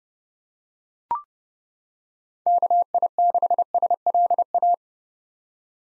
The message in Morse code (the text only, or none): KI6SLA